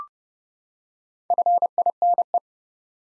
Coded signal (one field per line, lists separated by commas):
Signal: Morse code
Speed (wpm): 32 wpm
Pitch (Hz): 700 Hz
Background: none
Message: FINE